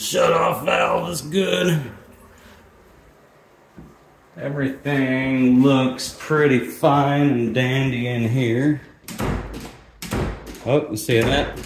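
During a move-out inspection, someone talks, then a door is pushed shut twice, making two thuds at about 9.1 and 10.0 seconds. The door latch does not catch in the strike plate, and nothing has seated or clicked, so the latch is noted to be written up for repair.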